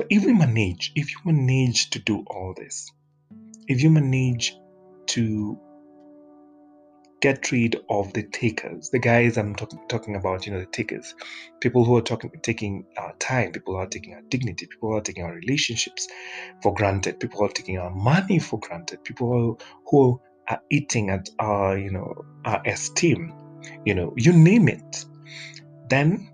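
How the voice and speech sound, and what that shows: Adult male speech with phrase repetitions, a long silent block, and stretched sounds before words: stuttering.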